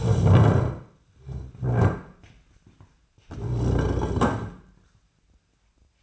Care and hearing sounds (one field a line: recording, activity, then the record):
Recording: daily activity, microphone in the room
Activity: stand up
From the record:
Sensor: 2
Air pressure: 1007.7 hPa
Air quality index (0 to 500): 178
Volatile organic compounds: 9 ppm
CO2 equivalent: 2196 ppm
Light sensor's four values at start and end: 10/23/10/10 and 10/23/10/10